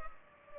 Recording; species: mosquito wingbeat signal from an infrared sensor; Culex pipiens